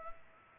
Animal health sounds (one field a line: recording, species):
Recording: mosquito wingbeat signal from an infrared sensor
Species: Culex pipiens